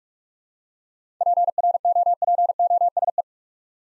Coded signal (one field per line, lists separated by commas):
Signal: Morse code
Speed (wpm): 47 wpm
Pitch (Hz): 700 Hz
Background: none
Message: PROPOSE